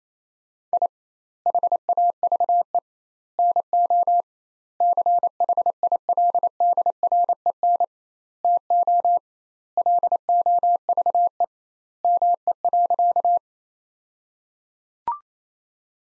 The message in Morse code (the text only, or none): I HAVE NO CHILDREN TO LOVE ME.